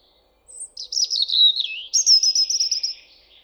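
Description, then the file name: European robin song: a high whistle, a falling warbled run, then a bright, quickly repeated trill of piping notes. "Erithacus rubecula"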